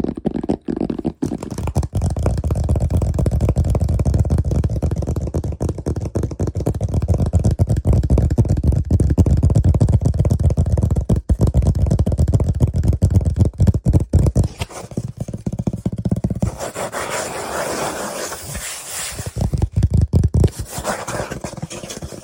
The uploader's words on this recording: ASMR LOFI Fast & Aggressive Tapping & Scratching (No Talking).